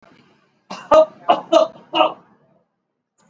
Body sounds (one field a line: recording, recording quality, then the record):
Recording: heavy voluntary cough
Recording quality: excellent, no background noise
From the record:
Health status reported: exposed to COVID-19, no respiratory illness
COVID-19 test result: not tested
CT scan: not taken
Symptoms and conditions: none ticked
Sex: male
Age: 63 years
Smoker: no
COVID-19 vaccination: both doses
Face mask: worn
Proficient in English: yes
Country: India